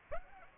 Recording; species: mosquito wingbeat signal from an infrared sensor; Aedes aegypti